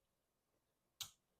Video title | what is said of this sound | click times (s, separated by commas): Live Friday Night Talk & Repairs | you hear that snap there it is that's the snap | 1.0 s